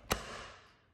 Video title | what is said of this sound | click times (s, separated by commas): How To Replace Peachtree Window Lock Latch | so it's locked it's | 0.1 s